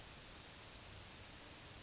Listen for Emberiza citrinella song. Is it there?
no